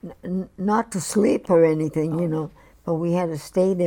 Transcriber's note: none